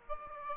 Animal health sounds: mosquito wingbeat signal from an infrared sensor; Aedes aegypti

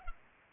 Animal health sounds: mosquito wingbeat signal from an infrared sensor; Culex pipiens

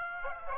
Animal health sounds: mosquito wingbeat signal from an infrared sensor; Aedes aegypti

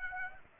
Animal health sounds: mosquito wingbeat signal from an infrared sensor; Aedes aegypti

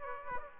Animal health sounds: mosquito wingbeat signal from an infrared sensor; Aedes aegypti

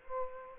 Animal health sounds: mosquito wingbeat signal from an infrared sensor; Culex quinquefasciatus

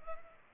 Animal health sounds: mosquito wingbeat signal from an infrared sensor; Culex pipiens

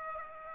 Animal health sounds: mosquito wingbeat signal from an infrared sensor; Aedes aegypti

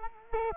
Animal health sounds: mosquito wingbeat signal from an infrared sensor; Culex quinquefasciatus

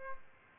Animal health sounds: mosquito wingbeat signal from an infrared sensor; Aedes albopictus

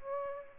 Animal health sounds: mosquito wingbeat signal from an infrared sensor; Aedes aegypti

